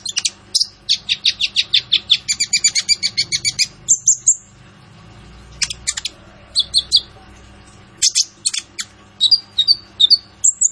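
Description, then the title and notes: Kolibri Ninja song opens with a fast run of evenly spaced high chirps, then a pause, then scattered buzzy notes and short whistled phrases. Masteran training recording for teaching songbirds; full fill-ins and 'tembakan' phrases, described as gacor (singing actively), suitable as a lure. "MASTERAN KOLIBRI NINJA TERBAIK FULL ISIAN DAN TEMBAKAN MEWAH COCOK BUAT PANCINGAN. Suara Burung Kolibri Ninja Gacor"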